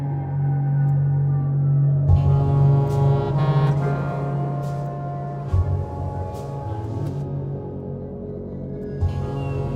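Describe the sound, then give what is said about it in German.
A foghorn on the sound moans unceasingly through the night across the water in a long, low, steady drone rich in harmonics, holding for nearly ten seconds with a few faint clicks and knocks scattered over it. “Auf dem Sund stöhnte unablässig ein Nebelhorn.”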